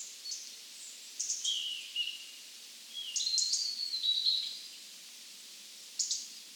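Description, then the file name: European robin song, a few high trilling and gliding phrases with quiet gaps between them over a soft hiss. "Erithacus rubecula"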